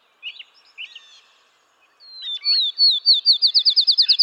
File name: Field Sparrow